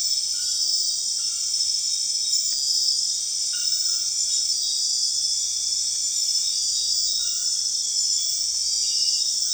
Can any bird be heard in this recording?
no